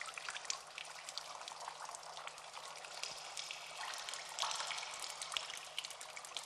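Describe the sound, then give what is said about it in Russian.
Water pours like rain from openings in a tunnel, running down the walls and collecting in puddles on the floor: a dense, hissing patter, continuous and even throughout with no voices. “Вода льется дождем из отверстий, стекает по стенам, собираясь в лужи на полу.”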